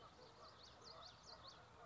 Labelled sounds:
Common Yellowthroat
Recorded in Sonoma County, California

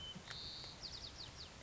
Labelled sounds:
White-crowned Sparrow
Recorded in Sonoma County, California

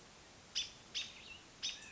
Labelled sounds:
American Robin
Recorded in Sonoma County, California

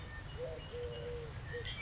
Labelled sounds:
Eurasian Collared Dove
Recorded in Sonoma County, California

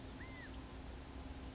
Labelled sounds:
Blue-gray Gnatcatcher
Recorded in Sonoma County, California

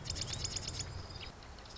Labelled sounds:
Marsh Wren
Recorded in Sonoma County, California

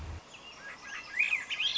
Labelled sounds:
Swainson's Thrush
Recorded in Sonoma County, California

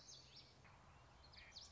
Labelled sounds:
Common Yellowthroat
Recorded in Sonoma County, California

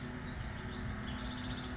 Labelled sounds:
House Wren
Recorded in Sonoma County, California

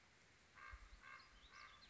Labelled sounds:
Common Raven
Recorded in Sonoma County, California

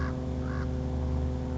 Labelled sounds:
Common Raven
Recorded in Sonoma County, California

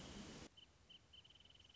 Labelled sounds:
Wrentit
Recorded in Sonoma County, California

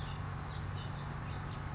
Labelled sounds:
California Towhee
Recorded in Sonoma County, California

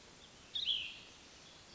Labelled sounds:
Cassin's Vireo
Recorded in Sonoma County, California

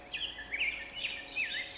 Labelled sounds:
Black-headed Grosbeak
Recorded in Sonoma County, California

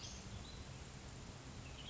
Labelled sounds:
Western Tanager
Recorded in Sonoma County, California

